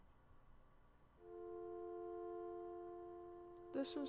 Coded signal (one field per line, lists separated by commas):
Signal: telephone call progress tone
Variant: North America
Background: speech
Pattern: dial tone